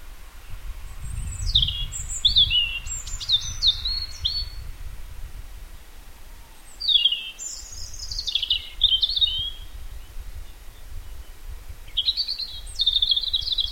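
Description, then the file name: European robin song in three phrases: sharp descending high notes, a rapid tumbling run, then a thin sustained trill, with steady low background rumble. "Erithacus rubecula"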